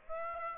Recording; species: mosquito wingbeat signal from an infrared sensor; Aedes aegypti